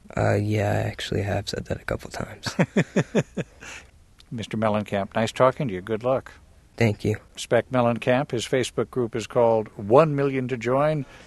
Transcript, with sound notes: Yeah, I actually have said that a couple of times.
(Soundbite of laughter) Mr. Mellencamp, nice talking to you. Good luck.
Thank you.
Speck Mellencamp, his Facebook group is called One Million to Join: